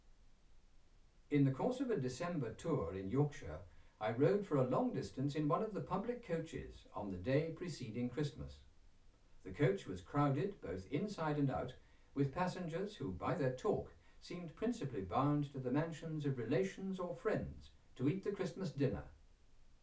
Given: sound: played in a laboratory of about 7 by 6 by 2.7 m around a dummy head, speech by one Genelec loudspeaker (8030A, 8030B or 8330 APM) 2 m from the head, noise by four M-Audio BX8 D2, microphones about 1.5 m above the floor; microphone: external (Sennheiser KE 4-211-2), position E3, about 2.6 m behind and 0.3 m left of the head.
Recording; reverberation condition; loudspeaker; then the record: male speech in English; low; 60 degrees to the left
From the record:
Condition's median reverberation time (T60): about 310 ms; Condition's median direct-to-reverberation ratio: about 3.5 dB